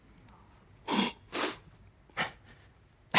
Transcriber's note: sniffs